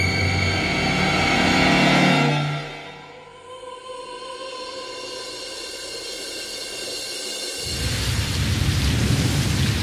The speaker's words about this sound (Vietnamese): Buổi chiều hôm ấy, trời mưa phùn rả rích mãi, kéo dài đến tối vẫn chưa ngưng.